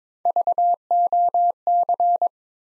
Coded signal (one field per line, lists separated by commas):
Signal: Morse code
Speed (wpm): 23 wpm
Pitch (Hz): 700 Hz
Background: none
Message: VOC